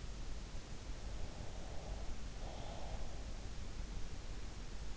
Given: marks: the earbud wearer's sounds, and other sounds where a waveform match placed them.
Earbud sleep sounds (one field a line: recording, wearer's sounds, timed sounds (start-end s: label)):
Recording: sounds in sleep by an in-ear microphone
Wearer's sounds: breath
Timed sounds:
1.14-3.21 s: breath